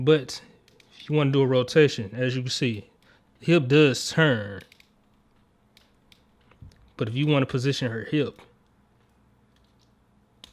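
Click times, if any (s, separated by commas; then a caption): 10.4 s. Someone talks while repositioning the hip of a plastic 2017 Bandai Power Rangers Legacy Collection Series 3 MMPR Yellow Ranger action figure so it comes off its peg, with faint handling clicks around 5.8 to 6.8 s. The hip is then pressed back on, and a sharp snap at 10.4 s marks it seating back into place on the peg.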